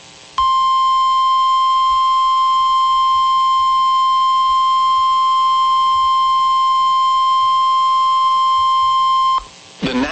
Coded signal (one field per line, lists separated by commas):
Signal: Emergency Alert System (SAME) tones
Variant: 1050 Hz attention tone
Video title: Special Marine Warning [EAS #378]